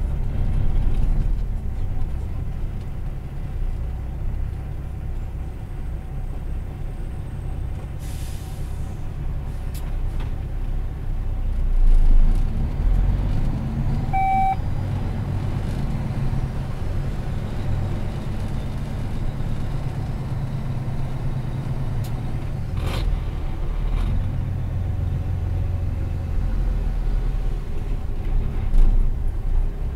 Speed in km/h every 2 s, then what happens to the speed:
16, 13, 10, 7, 0, 0, 0, 11, 11, 12, 12, 11, 13, 12, 4.
0-8 slows to 0. 8-12 standing. 12-26 pulls away to 12. 26-30 slows to 4.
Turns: 23-27.